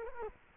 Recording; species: mosquito wingbeat signal from an infrared sensor; Culex quinquefasciatus